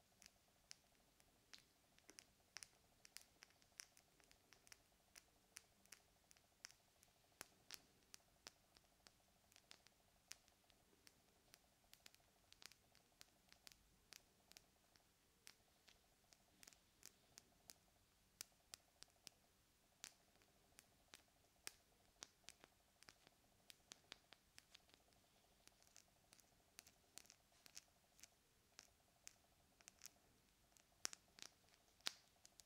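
Tapping and scratching: quick, sharp clicks and scrapes come in irregular flurries, dense for the whole half minute, with no long pauses. The hits are bright and brittle over a faint, steady low hum.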